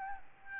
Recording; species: mosquito wingbeat signal from an infrared sensor; Aedes albopictus